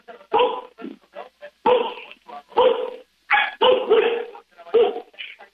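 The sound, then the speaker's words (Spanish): A person imitates a dog, letting out a string of loud, harsh barks in irregular bursts with short yelps between them, sounding thin and band-limited like a phone line. “Ya deja de ladrar”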